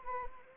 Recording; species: mosquito wingbeat signal from an infrared sensor; Anopheles gambiae